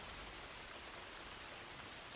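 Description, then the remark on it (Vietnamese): Heavy rain pours down in a steady, unbroken hiss of countless drops, fairly soft in level, with no voices or other sounds breaking through. “Bữa đó mưa to lắm, ông ngồi quấn thuốc, hút hết cả chục điếu thuốc rê, mưa mới ngớt.”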